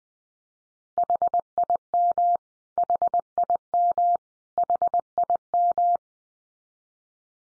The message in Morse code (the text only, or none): HIM HIM HIM